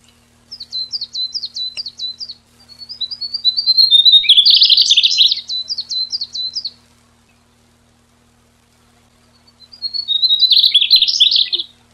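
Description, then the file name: Mugimaki flycatcher song: high thin notes in a quick repeated series, running into a rapid buzzy trill, then a pause and a second buzzy trilled burst. "Mmugimaki"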